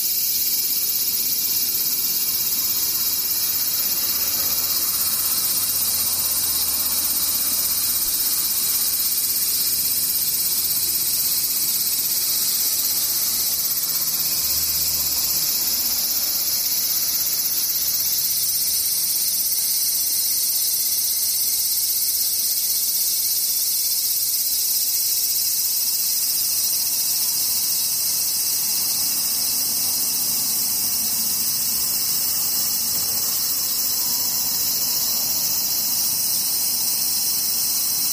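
Insects keep up a dense, unbroken high hiss and buzz that stays steady for the whole stretch. Several thin, sustained tones sit in the upper range, with some fading in and out. Faint low rumbles pass underneath around the middle.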